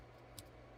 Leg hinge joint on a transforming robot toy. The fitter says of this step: that a little quiet click take a listen